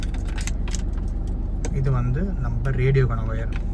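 The plastic radio wiring harness connector is handled before being pushed into the back of a new Pioneer DMH-AP6650BT head unit during an install in a Maruti Dzire ZDI+. Short handling clicks and rattles are heard over a steady low hum while someone talks. Nothing has seated or clicked yet.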